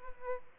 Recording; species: mosquito wingbeat signal from an infrared sensor; Aedes albopictus